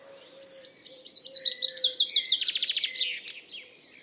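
Common chaffinch song: a series of sharp, high trilled notes ending in a brief flourish. A soft, low steady note runs beneath.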